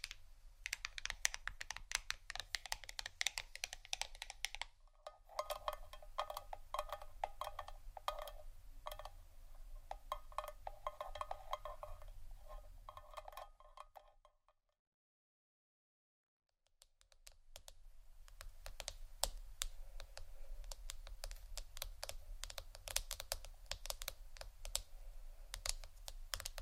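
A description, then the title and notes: Rapid tapping on various objects such as a book, wood, ceramic and an egg, producing dense, quick clicks and knocks that sound much like typing. The taps run nearly continuously, with a brief pause near five seconds and a silent gap around fifteen to seventeen seconds. ASMR Sleepy Tapping (book, Wood, Ceramic, Egg, Etc ) (No Talking).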